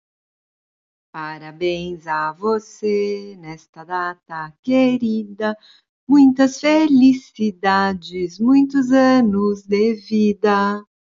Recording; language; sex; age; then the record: short text; Brazilian Portuguese; female; 50 to 59 years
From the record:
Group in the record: control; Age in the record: 53 years